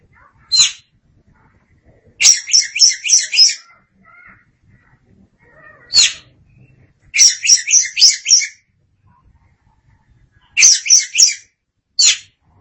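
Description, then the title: Oriental magpie-robin song of repeated quick, grating trills and lone scratchy notes, phrases separated by brief silences, with a few faint softer notes between. "Suara Kicauan Burung Kacer Durasi Panjang"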